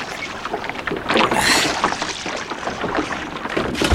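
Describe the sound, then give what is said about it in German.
Water splashes and sloshes around a small rowboat as someone is helped to clamber aboard, with knocking and creaking of the hull and a burst of louder splashing midway, no voices. “Helf mir mal ins Boot, ihr beiden.”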